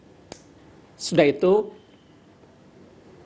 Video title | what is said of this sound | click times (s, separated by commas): INHALATION THERAPY | kita balikkan kembali ke kiri sampai berbunyi klik | 0.3 s